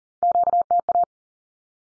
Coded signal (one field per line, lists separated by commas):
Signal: Morse code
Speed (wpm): 40 wpm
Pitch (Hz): 700 Hz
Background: none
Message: QTA